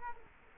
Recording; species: mosquito wingbeat signal from an infrared sensor; Culex quinquefasciatus